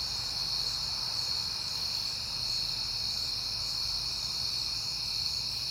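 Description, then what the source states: Crickets give a constant shrill chirping chorus with a faint low hum below. Recorded at night on a peaceful night in September, crickets heard often at that time.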